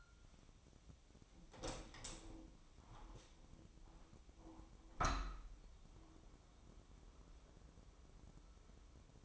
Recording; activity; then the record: daily activity, microphone in the room; open window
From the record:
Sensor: 1